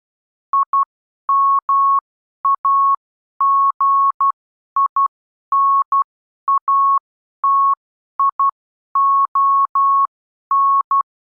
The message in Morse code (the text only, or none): IMAGINATION